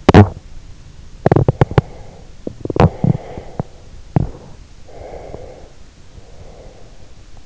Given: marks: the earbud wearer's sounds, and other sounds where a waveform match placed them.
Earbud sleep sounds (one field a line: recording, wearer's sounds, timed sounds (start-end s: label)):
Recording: sounds in sleep by an in-ear microphone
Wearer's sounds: teeth grinding, breath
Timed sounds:
0.00-4.70 s: teeth grinding
4.84-7.21 s: breath